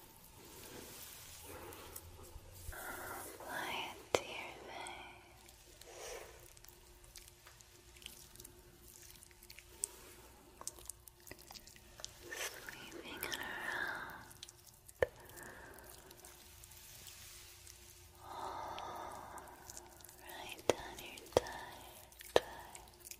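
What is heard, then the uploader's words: Scalp and face massage with soft squishy, wet rubbing in uneven bursts, occasional sharp clicks, and a faint steady tone underneath. ASMR Sleepy Scalp Massage & Face Massage.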